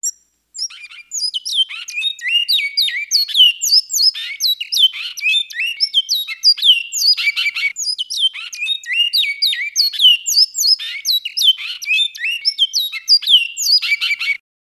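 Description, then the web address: Great-billed seed finch song: a fast, continuous run of bright whistled and trilled notes, sharply rising and falling, with brief pauses between dense phrases throughout. Song in the fiote style. "bicudario cantos fiote"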